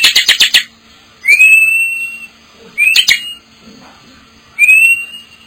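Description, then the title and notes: Bar-winged prinia song: a quick burst of five sharp clicking notes, then three clear whistles that rise and level off, spaced well apart. Compilation of vigorously singing (gacor) birds and young birds. "Kicau Ciblek. putri sherin. suara burung ciblek gacor dan anakan"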